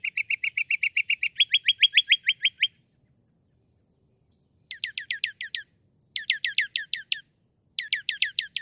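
Northern mockingbird delivering a fast run of repeated chirps that changes pitch midway, then after a pause several rapid bursts of sharp downslurred notes.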